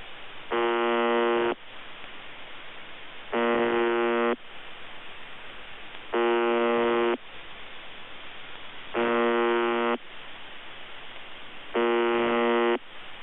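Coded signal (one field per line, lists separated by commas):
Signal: channel marker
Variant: UVB-76 (The Buzzer)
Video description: UVB-76 "The Buzzer" sounds a bit broken. Received in Denmark with Airspy HF+ and Gqrx SDR on 2017-10-21 23:53z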